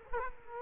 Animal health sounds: mosquito wingbeat signal from an infrared sensor; Culex quinquefasciatus

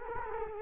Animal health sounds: mosquito wingbeat signal from an infrared sensor; Culex quinquefasciatus

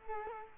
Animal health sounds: mosquito wingbeat signal from an infrared sensor; Culex quinquefasciatus

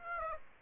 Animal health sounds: mosquito wingbeat signal from an infrared sensor; Aedes aegypti

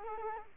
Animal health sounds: mosquito wingbeat signal from an infrared sensor; Culex quinquefasciatus

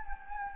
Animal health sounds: mosquito wingbeat signal from an infrared sensor; Anopheles gambiae

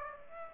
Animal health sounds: mosquito wingbeat signal from an infrared sensor; Aedes aegypti

